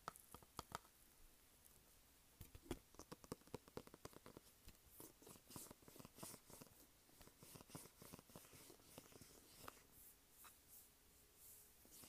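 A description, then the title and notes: Fingers tap and scratch on a plastic case, making sharp, bright clicks. The taps come in irregular bursts, densest between about two and six seconds. Softer scraping rasps fill the later part, with a few scattered taps near the end. Tapping and Scratching Plastic Case.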